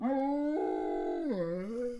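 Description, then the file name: Great Dane howl, one sustained tonal note that steps up early, holds steady, then dips and rises again over about two seconds. Female, howling. "freesound Female Great Dane Howl"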